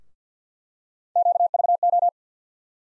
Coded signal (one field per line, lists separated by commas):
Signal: Morse code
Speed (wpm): 50 wpm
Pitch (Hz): 700 Hz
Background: none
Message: QVO